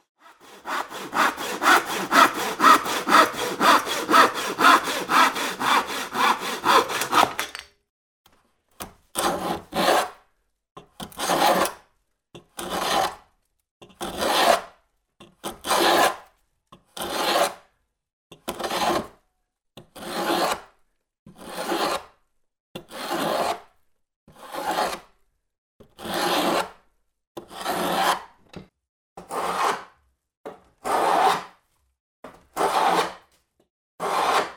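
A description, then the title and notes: Woodworking: for the first seven seconds a saw rasps in quick, tightly packed strokes. After a short pause come steady, evenly spaced pushes of a plane or slower saw, each a bright scraping swish about once a second until the end. PH - Woodworking, Saw And Plane by Phonophilist.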